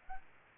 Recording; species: mosquito wingbeat signal from an infrared sensor; Aedes albopictus